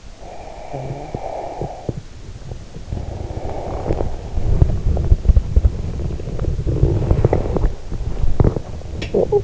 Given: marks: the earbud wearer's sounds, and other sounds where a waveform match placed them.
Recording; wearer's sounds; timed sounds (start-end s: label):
sounds in sleep by an in-ear microphone; snoring breath, body movement
0.10-2.15 s: snoring breath
2.05-9.44 s: body movement